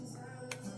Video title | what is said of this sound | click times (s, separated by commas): How to load & unload the Beretta A300 Patrol semi-automatic shotgun / review | You hear that click? | 0.5 s